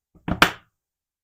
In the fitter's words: you hear that snap